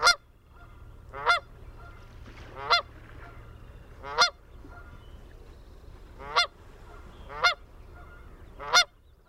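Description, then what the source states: Canada goose honking, single nasal honks spaced irregularly about every one to two seconds, seven in all, over a low steady hum. A family of Canada geese, recorded on 22 June 2001.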